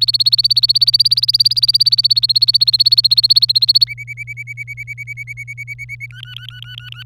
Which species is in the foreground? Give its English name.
Domestic Canary